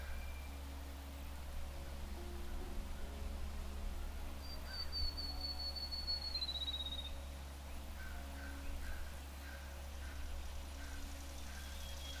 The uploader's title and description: Relaxing Music with Bird Sounds. The birds sing to each other while a piano melody